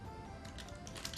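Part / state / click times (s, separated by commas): robot lion leg into combined robot torso slot / seated / 1.1 s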